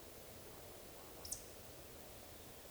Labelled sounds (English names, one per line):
Eurasian Woodcock whistle